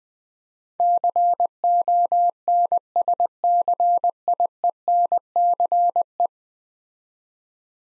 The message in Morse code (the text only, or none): CONSCIENCE